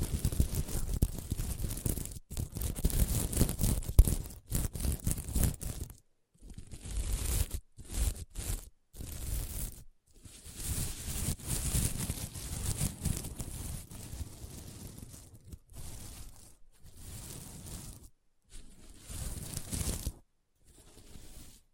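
Scratching on a sequin mermaid pillow, a dense rasping scrape that comes in bursts of one to three seconds separated by abrupt silences. The strokes are bright and gritty with a low rumble beneath, the first few seconds the busiest.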